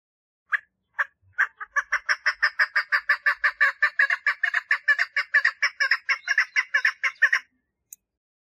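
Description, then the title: Partridge song opening with a few spaced harsh notes, then speeding into a long, even run of gravelly chuck notes before going quiet. "Perdiz Cantando"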